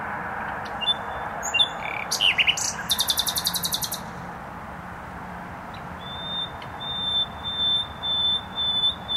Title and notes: Bródno-Podgrodzie, Warszawa, Polska - Trasa Toruńska Nightingale. Recording nightingale singing in bushes close to noisy motorway